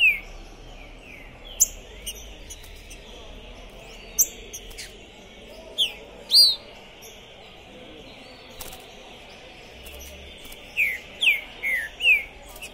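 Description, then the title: Green-winged saltator: bird giving scattered whistled notes and chirps, ending with a clear phrase of four falling whistles, amid soft high clicking. Captive trinca-ferro, 'pistoleiro' type, singing, chirping and 'macheando' (male display) while warming up for a singing contest, at the entrance of a tournament, 2021. "Esse É PERFEITO Para ESQUENTAR Seu TRINCA Piando, Cantando E Macheando Na DISPUTA. Esse TRINCA FERRO ficou POSSUÍDO na PORTA do TORNEIO! Trinca Ferro Pistoleiro 2021!"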